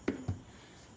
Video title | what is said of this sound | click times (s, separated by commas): Buddy Kick 125 Euro Turn Signal Mod. No Cost! | push it in and you're going to feel it just sort of set but then it should click in like that | 0.1 s